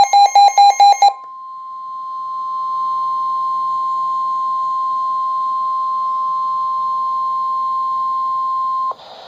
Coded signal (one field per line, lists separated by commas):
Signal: Emergency Alert System (SAME) tones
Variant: 1050 Hz attention tone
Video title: 2 severe thunderstorm warnings (EAS #1-2)